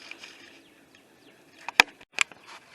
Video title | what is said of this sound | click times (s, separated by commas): 2014 Ford Focus P1450 and P0171 | all right when you put both ends and you should hear them snap physically snap i got them both in now | 1.8 s, 2.2 s